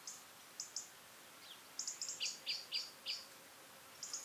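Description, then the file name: European robin giving faint high notes, then a busier stretch of thin chirps with sliding lower strokes, followed by a brief pause and more chirps. "Erithacus rubecula"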